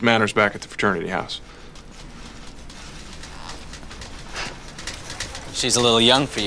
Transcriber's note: soundbite of typing